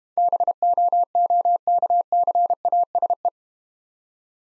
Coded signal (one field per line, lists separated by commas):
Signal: Morse code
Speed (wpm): 30 wpm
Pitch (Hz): 700 Hz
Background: none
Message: BOOKCASE